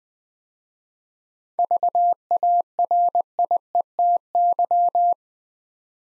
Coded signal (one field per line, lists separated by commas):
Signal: Morse code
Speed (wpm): 20 wpm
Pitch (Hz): 700 Hz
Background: none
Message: VARIETY